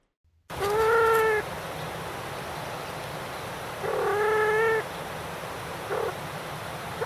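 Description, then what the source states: Ruffed Grouse purr: two drawn-out, steady whining notes, then a short softer note. Female; a softer version of the whine used in high alarm, sometimes called a purr.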